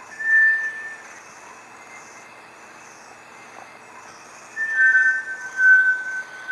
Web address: sound Bartlett's-tinamou. صدای-پرنده-وشم-بارتلت